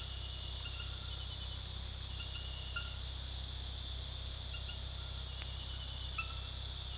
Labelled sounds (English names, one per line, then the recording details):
none
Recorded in pastures near Puerto Asís, Putumayo, Colombia, on 20 February 2024 at 02:30
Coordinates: 0.486, -76.323
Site G6462